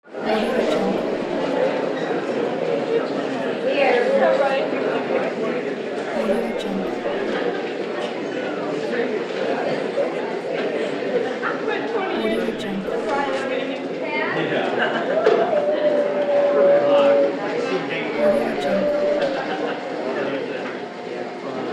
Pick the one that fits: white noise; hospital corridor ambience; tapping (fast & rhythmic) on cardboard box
hospital corridor ambience